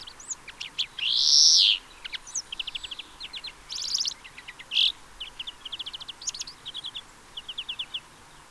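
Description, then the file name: European greenfinch with a long nasal wheeze early on, then shorter buzzy notes and many fast twittering trills running to the end. "Chloris chloris"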